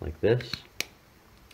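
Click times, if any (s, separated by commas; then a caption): 0.8 s. Someone talks briefly as a half-inch hex insert is pushed into the back of a rotary encoder on an odometry module. A sharp snap is heard at 0.8 s as the insert seats, followed by a faint tick near 1.5 s. The insert snaps in and is seated so it cannot wiggle.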